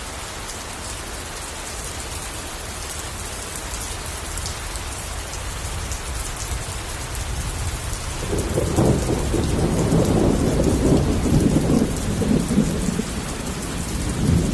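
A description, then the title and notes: Steady, dense rain hisses throughout, close and even. A little past eight seconds a deep roll of thunder swells in beneath it and keeps rumbling to the end, making the last half noticeably louder and heavier. Thunder Sounds with Rain. The pitter-patter of the relaxing raindrops. Rainstorm and thunder ambience.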